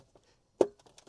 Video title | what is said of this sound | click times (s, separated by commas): Fisker Ocean - Electrified Ocean USB Harness | Those clips for that inner panel, those will all snap into place. | 0.6 s